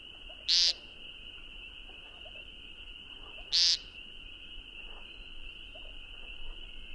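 Woodcock uttering two short, buzzy, nasal peent notes about three seconds apart over a constant high-pitched insect or frog drone.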